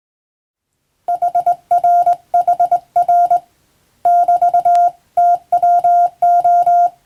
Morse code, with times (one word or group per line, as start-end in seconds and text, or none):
1.1-3.4 HRHR
4.1-6.9 <BT>TWO